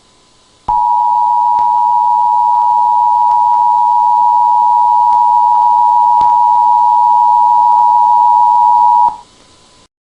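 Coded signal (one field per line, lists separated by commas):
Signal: Emergency Alert System (SAME) tones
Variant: 853 and 960 Hz attention tone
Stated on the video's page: Fictional mock EAS scenario made for entertainment, not real.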